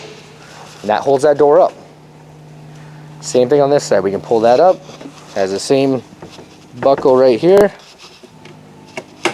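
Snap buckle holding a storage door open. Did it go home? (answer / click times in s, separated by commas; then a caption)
yes / 9.2 s. Someone talks while a snap buckle on a Winnebago Solis 59P is pushed down to hold an under-floor storage door up. A sharp snap is heard at 9.3 s as the buckle seats in place.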